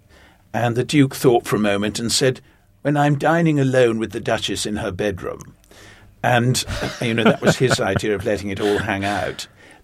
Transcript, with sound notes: And the duke thought for a moment and said: When I'm dining alone with the duchess in her bedroom.
(LAUGHTER)
And, you know, that was his idea of letting it all hang out.